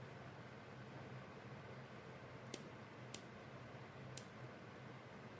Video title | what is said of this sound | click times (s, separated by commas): சுலபமான முறையில் 6 Pin Modex wire Crimping செய்வது எப்படி? | போயிடுச்சு லாக் ஆயிடுச்சு இப்ப கீழ விழாது இங்க பாருங்க இப்படி | 2.5 s, 3.1 s, 4.2 s